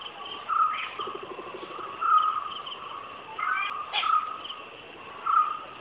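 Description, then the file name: White-cheeked barbet calling, several low hollow notes over a steady insect hiss, with a brief purring rattle and a sharp note. "Call of small green barbet"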